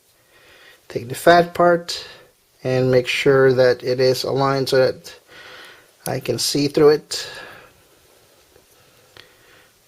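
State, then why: Seated. Someone talks while pushing the thin part of the Corsair H90/H110 CPU cooler mounting hardware in and lining up the thick part with the mounting bracket. A short, sharp click at 9.2 s marks the piece locking into place in the bracket, and it is seated.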